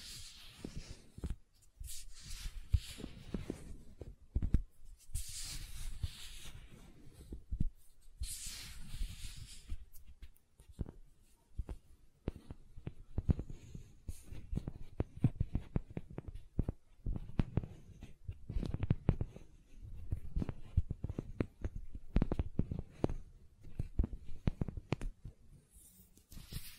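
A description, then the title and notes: Gentle silicon sounds: soft squishing and rubbing with a dense, irregular run of small taps and clicks throughout. Brighter hissing swipes come in the first ten seconds, around the 2, 5 and 8 second marks, then the handling settles into quieter, steady fiddling. ASMR Gentle Silicon Sounds for Sleep (No Talking).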